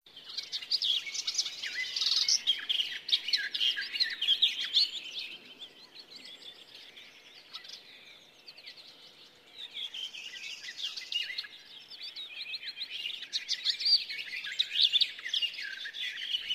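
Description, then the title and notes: Garden warbler song: long, rapid, continuous warbling phrases of bubbly, scratchy notes, pausing briefly before resuming, with faint background noise. "Lehtokerttu. Risto Nevanlinna"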